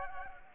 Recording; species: mosquito wingbeat signal from an infrared sensor; Culex pipiens